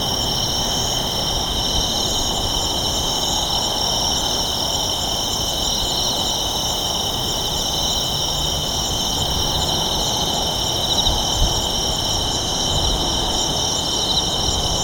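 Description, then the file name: Insects calling at night in an unbroken high-pitched drone over a continuous low town rumble. "Japan Kashiwa Town Night Bugs and Ambience"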